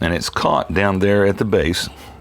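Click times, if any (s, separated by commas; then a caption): none. A cocking lever pushes the sliding spring block forward in a BB gun receiver until it is caught at the base, while someone talks throughout. A faint sharp tick comes right at the end, but nothing has seated or clicked yet.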